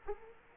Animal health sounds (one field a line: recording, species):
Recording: mosquito wingbeat signal from an infrared sensor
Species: Culex quinquefasciatus